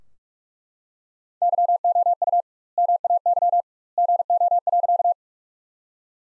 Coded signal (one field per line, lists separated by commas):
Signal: Morse code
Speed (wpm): 41 wpm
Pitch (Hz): 700 Hz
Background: none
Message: YOU MAY GO.